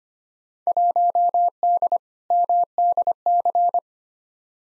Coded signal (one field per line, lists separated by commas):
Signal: Morse code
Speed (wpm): 25 wpm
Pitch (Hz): 700 Hz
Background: none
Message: 1D MDC